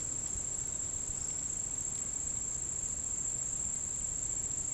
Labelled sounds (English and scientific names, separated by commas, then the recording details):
none
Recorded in dense forest near Puerto Asís, Putumayo, Colombia, on 27 June 2025 at 10:30
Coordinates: 0.503, -76.323
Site G059